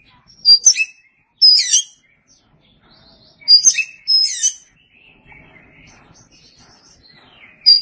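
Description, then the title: Oriental magpie-robin song: several bursts of high whistled, scratchy phrases with sharp sweeps, separated by pauses, with fainter softer notes between them. Oriental magpie-robin (kacer) song. "Suara Kicauan Burung Kacer"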